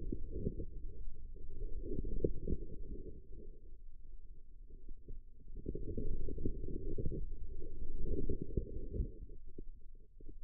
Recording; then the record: forearm muscle sounds (acoustic myography)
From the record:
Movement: inward rotation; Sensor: system 2, bracelet of six BSWA MPA416 microphones around the upper forearm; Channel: 3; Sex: female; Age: 25 years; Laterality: right